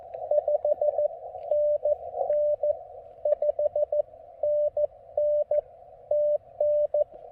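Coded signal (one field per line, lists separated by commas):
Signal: Morse code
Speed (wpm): 15 wpm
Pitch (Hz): 590 Hz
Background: none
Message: 5NN 5NN TN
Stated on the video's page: QRP Xiegu G106 transceiver, CW park activation on 20 meters.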